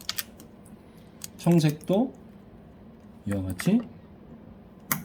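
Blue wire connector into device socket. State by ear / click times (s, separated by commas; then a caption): seated / 4.9 s. A blue wire's connector is pushed into its socket on a device while someone talks. It seats with a single sharp click at 4.9 s, after a few faint taps in the first seconds.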